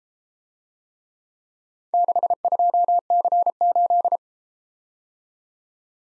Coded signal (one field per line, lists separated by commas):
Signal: Morse code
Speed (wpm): 33 wpm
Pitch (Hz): 700 Hz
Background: none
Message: 62C8